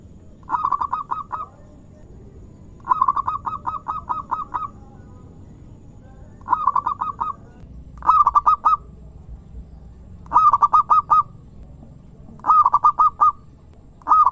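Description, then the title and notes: Zebra dove song: short bursts of rapid, nasal cooing notes, phrases repeated at short, irregular intervals. Zebra dove singing vigorously, used as a lure to attract birds. "Pancingan Perkutut Durasi Panjang. Suara Burung Perkutut Gacor"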